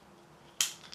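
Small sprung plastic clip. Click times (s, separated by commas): 0.6 s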